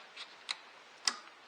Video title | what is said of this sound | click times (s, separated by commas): How to Change the Coil Pack on a 2004 Ford Focus Zetec - How-To - Pasty-T Garage | Should just snap right in. | 0.5 s, 1.1 s